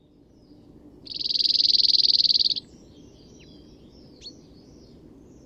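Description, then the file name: Cirl Bunting gives a fast, dry trill of uniform notes for about one and a half seconds, followed by faint chirps in the background. "hacksparv"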